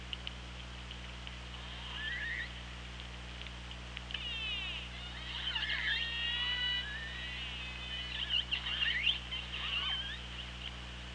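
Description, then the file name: Killer whale calls, a sequence of varied whistled and pulsed calls sweeping up and down, several overlapping, over constant low hydrophone hum. Killer whales on an OrcaLab hydrophone, 24 August 2017, 18:03. "Orca Lab UTLN JASON 20170824 180336"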